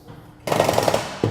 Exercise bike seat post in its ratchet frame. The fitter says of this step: lifts up locks into place lift the handle